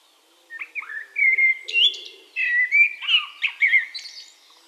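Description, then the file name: Eurasian blackbird singing a rich fluted warble of slurred whistled notes, rising into a thin high twittering flourish at the end. "Turdus merula"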